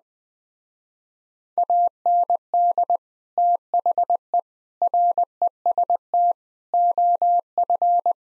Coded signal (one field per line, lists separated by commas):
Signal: Morse code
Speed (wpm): 20 wpm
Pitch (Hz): 700 Hz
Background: none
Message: AND THE REST OF